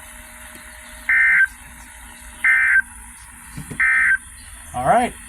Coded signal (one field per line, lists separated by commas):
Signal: Emergency Alert System (SAME) tones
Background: speech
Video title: INSANITY. (EAS#306-339)